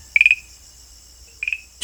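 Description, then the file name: Farmland green tree frog call: two brief bursts of rapid clicking pulses, the first of four pulses and the second of three, separated by over a second. "Rhacophorus arvalis"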